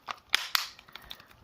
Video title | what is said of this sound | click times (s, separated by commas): Blackview E7S Unboxing en Français | donc ça se clipse plutôt pas mal | 0.4 s, 0.6 s